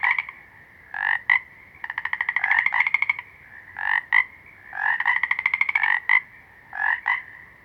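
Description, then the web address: Frogs calling: short croaking notes in pairs mixed with rapid pulsed trills. Several small green frogs. "Natures Songs Nature Sounds Sounds of Nature Collection Small Green Froggies"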